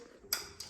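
A rubber spark plug wire boot is pushed down onto the top of the spark plug on a snow blower engine. A sharp click at 0.3 s and a softer tick at 0.6 s are heard. The boot is seated on the plug.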